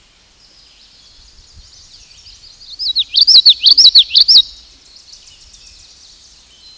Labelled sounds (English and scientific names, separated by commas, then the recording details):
Common Yellowthroat (Geothlypis trichas) song
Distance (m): 10 m
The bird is about 5 m above the microphone
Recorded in a Pennsylvania forest on 16 May 2024 at 09:02
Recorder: AudioMoth, point MSD-2143
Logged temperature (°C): 16.0 °C
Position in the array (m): 57 m, 160 m